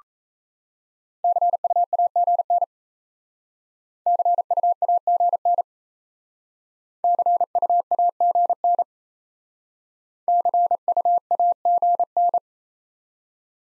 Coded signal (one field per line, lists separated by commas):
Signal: Morse code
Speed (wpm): 36 wpm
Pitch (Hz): 700 Hz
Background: none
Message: CUAGN CUAGN CUAGN CUAGN